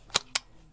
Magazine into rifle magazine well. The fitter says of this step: Make sure the click. Heard the click.